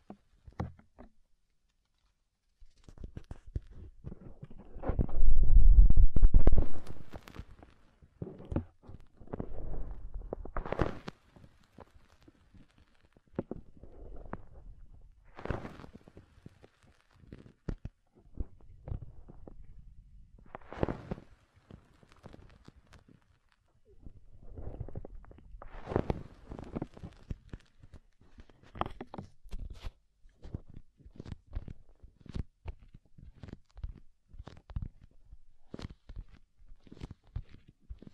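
Soft, fluffy ASMR triggers: brushing and rustling sounds come in short, irregular strokes with quiet gaps between them. A deeper, louder rumbling burst stands out around five to seven seconds, and a smaller one near ten seconds. After that, gentler crisp touches keep recurring sparsely.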